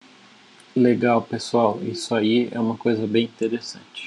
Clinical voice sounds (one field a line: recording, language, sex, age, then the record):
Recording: short text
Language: Brazilian Portuguese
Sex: male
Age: 20 to 29 years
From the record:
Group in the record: control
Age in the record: 23 years